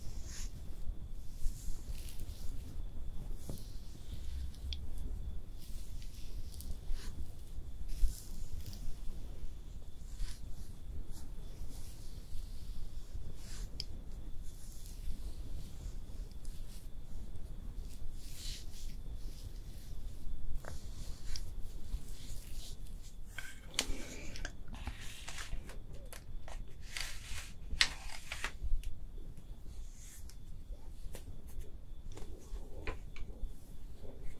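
Makeup being applied with no talking: soft brushing, tapping and light scratchy strokes come in short, irregular bursts throughout. A low, steady rumble sits underneath, and a brighter, busier stretch of rustling and clicking arrives around 23 to 29 seconds.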